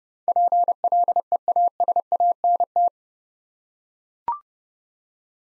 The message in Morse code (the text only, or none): PLEASANT